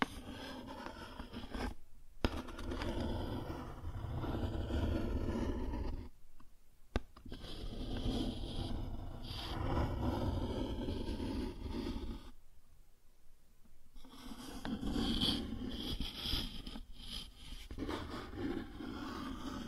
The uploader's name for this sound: Cardboard Scratching, Tracing, Tearing